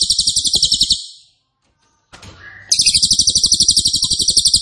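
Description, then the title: Cililin giving a rapid, buzzy, high-pitched trill that stops, followed by a short rustling noise, then the dense pulsing trill resumes strongly. Loud, dense, rapid-fire song ('nembak keras dan rapat') used as a favourite training recording (masteran) for oriental magpie-robin, leafbird and white-rumped shama. "Cililin NEMBAK KERAS dan RAPAT masteran murai batu cucak ijo dan kacer"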